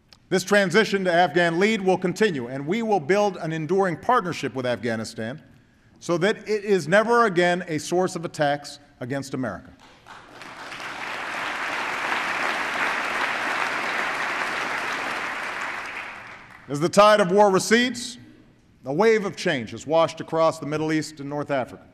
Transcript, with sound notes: This transition to Afghan lead will continue, and we will build an enduring partnership with Afghanistan, so that it is never again a source of attacks against America. (Applause.) As the tide of war recedes, a wave of change has washed across the Middle East and North Africa,